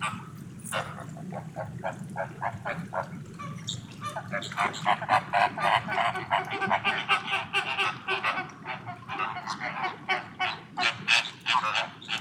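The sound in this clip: Flamingo flock calling, a dense run of nasal, goose-like honks, sparse at first and then packed together, with a steady low rumble underneath.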